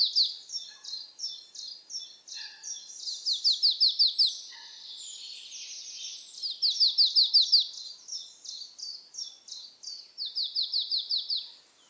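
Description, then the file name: Marsh tit giving a series of high chipping notes broken by several rapid runs of repeated notes. "Poecile palustris"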